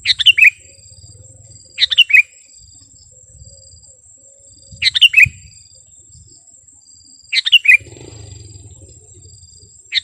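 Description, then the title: Sooty-headed bulbul song: short bubbly phrases of three or four quick falling notes, repeated roughly every two to three seconds, over a faint steady high whine and low rumble. "kutilang"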